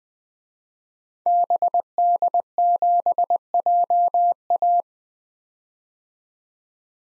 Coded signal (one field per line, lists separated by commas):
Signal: Morse code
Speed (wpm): 21 wpm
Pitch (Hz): 700 Hz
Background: none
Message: BD7JA